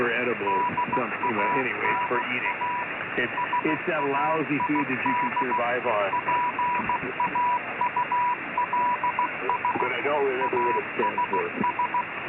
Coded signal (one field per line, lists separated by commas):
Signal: Morse code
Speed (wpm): 15 wpm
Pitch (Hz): 980 Hz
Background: speech, radio noise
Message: DANA SAID PAULS ASS